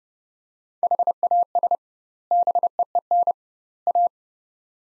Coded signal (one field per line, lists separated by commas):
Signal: Morse code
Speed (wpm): 31 wpm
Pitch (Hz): 700 Hz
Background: none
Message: HAS BEEN A